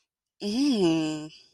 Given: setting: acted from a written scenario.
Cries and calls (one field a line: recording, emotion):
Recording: vocal sound without words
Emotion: desire